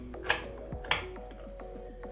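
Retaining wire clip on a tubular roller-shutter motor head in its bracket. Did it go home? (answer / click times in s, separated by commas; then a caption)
yes / 0.3 s, 0.9 s. A metal retaining wire clip is fitted onto the support of a tubular roller-shutter motor head in its bracket so the motor cannot come out. Two sharp, loud snaps ring out at 0.3 s and 0.9 s over a faint background of music. The clip seats firmly in place.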